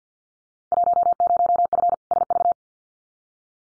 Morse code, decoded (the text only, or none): 10F SV